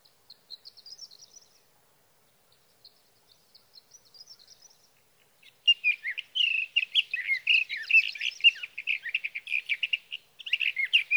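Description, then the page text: Sage thrasher song: a few seconds of faint high twitters, then a loud, fast, continuous warble of varied chirps and slurred notes. Male singing through the night near his night roost, evenings June 12 to mornings June 15, 2018, Sierra Valley, California; Swift recorder. "61. Sage thrasher songs, through the night."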